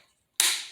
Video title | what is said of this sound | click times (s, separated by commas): led slim flush mounts by commercial electric. | make sure the latch snaps into place okay | 0.4 s